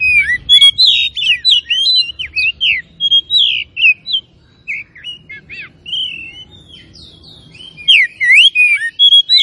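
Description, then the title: Oriental magpie-robin giving a long, varied series of whistles and sharp chirps, with quieter spells midway before it grows loud again. Tretes; singing gacor (vigorously and continuously). "Kacer Tretes"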